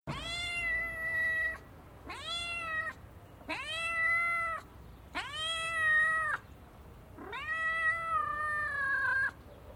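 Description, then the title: Cat meowing: five long, drawn-out meows with short pauses between them, each rising and then holding steady, the last one wavering slightly. "Universidad del Claustro de Sor Juana - Colegio de Comunicación - Sonoteca de México. GATO MAULLANDO"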